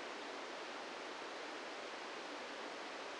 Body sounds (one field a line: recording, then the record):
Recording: brain microelectrode recording played as sound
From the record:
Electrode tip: outside the subthalamic nucleus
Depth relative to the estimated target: 1 mm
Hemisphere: right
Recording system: NeuroSet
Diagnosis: Parkinson's disease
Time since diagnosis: 17 years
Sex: male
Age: 64 years